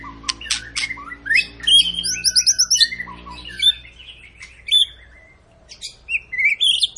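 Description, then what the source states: White-rumped shama in busy song, mixing harsh scratchy notes, rapid trilled bursts and bright slurred whistles. Long, vigorous lure song (pancingan) of a singing white-rumped shama, used to make other birds sing.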